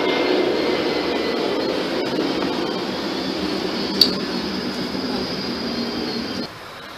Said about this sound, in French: Oh, l'avion la passe.